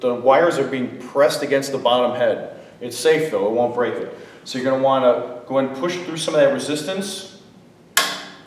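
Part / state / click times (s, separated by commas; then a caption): snare strainer throw-off lever on a snare drum shell / seated / 8.0 s. Someone talks while the snare strainer throw-off lever on a snare drum shell is flipped, pushing through resistance from the snare wires pressing against the bottom head. At 8.0 s a single sharp snap is heard as the lever snaps up at the top and locks into place.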